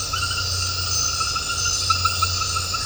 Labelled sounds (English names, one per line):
none